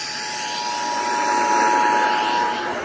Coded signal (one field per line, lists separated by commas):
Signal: Emergency Alert System (SAME) tones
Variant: 853 and 960 Hz attention tone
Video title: Swimming Tornadoes|EAS Alerts and Connecticut Monthly Test from 7/16/24